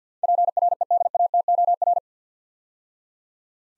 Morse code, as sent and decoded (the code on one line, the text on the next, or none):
.--. .-. . -.. .- - --- .-.
PREDATOR